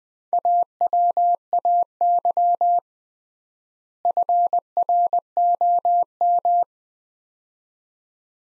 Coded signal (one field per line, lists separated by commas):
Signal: Morse code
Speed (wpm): 20 wpm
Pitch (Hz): 700 Hz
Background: none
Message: AWAY FROM